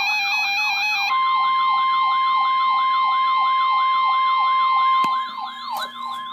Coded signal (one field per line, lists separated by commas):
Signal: Emergency Alert System (SAME) tones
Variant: 1050 Hz attention tone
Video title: Tornado Watch (EAS #868) 6/11/15